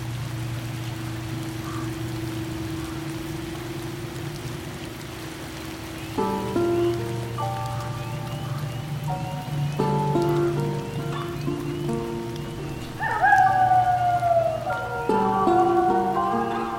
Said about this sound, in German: Es regnet, Lilly. Guck mal, es regnet.